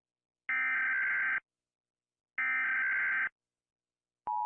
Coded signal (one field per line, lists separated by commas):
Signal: Emergency Alert System (SAME) tones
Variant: header bursts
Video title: I made drawings for eas alarms part 1